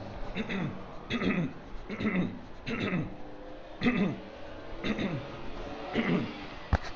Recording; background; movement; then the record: throat clearing; traffic; walking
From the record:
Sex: male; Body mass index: 22.0 kg/m2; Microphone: on the chest, facing outward